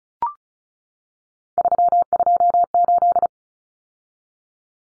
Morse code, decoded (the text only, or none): 328